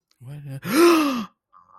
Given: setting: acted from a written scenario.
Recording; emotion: vocal sound without words; positive surprise